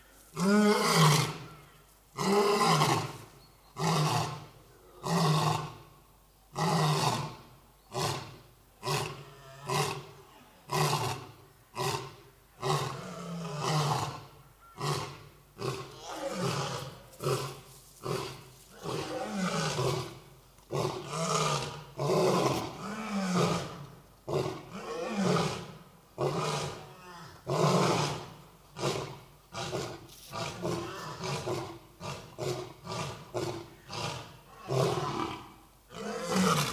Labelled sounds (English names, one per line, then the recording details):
Lion call
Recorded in captivity
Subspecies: persica
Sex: diverse
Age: adult
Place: Tiergarten Nürnberg, Bayern, DE
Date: 1998-11-13 10:04
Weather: overcast, ca. 2-3°C
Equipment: Sony MD-WM MZ-R3, Sennheiser MKH 416 T, Kopie Uher 4000 Report Monitor
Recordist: Tembrock, Günter